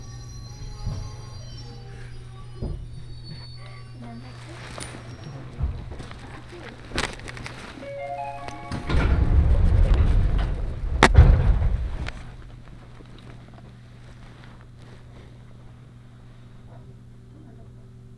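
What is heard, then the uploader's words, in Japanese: Inside a local Senseki Line train running from Matsushima-Kaigan toward Ishinomaki, a steady low hum runs throughout, with scattered clicks and knocks. Between about nine and twelve seconds a louder rumbling swell builds with a brief tonal whine, then settles back to quiet humming. Faint voices appear early. 仙石線 普通 松島海岸→石巻。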